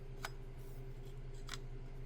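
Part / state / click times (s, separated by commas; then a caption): plastic shifter trim piece into center console / not seated / none. A plastic trim piece from a modified shifter assembly is brought up to the center console and handled into position, with two brief sharp ticks at 0.3 and 1.5 seconds over a steady low hum. The piece has not snapped into place yet, and nothing has seated or clicked home.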